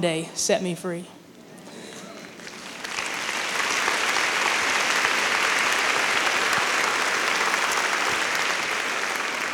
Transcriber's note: applause